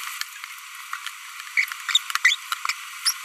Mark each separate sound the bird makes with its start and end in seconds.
1.57-1.65, 2.25-2.35, 3.06-3.11